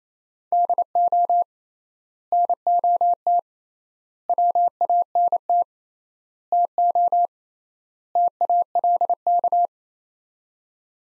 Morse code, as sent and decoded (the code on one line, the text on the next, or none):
-.. --- / -. --- - / .-- .- -. - / - --- / - .- .-.. -.-
DO NOT WANT TO TALK